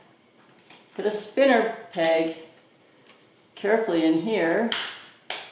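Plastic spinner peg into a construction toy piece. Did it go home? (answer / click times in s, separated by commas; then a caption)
yes / 5.3 s. A plastic spinner peg is pushed carefully into a construction-toy piece while someone talks. A single sharp, loud snap at 5.3 seconds marks the peg snapping into place, seated.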